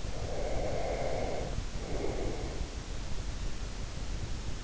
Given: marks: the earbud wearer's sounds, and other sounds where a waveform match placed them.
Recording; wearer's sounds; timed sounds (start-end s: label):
sounds in sleep by an in-ear microphone; breath
0.06-2.84 s: breath